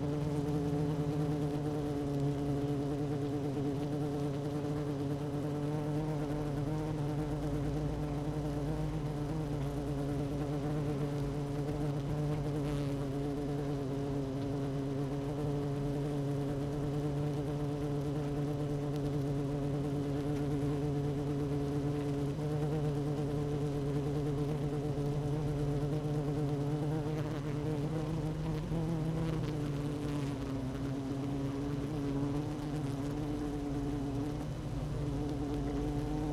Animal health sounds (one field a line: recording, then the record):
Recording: honeybee colony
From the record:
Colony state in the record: active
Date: 12 June 2018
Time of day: 16:31